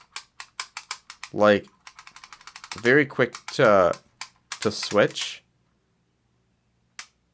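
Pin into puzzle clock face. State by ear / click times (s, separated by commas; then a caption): seated / 7.0 s. A series of quick clicks from a plastic pin being switched on a MoYu puzzle clock is heard, mixed with someone talking. Then the pin is pressed part-way down and snaps the rest of the way into its position in the clock face with a single sharp click at 7.0 s, seating it.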